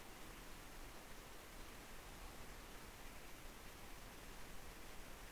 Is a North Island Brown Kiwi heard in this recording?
no